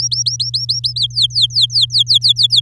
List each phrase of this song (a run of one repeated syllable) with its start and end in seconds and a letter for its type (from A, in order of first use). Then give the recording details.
0.00-0.93 A, 0.96-2.60 B. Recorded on 10 May 2018 at 15:59. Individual llb16